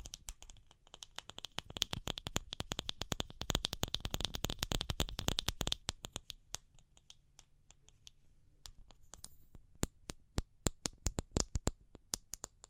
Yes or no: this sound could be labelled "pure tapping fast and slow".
yes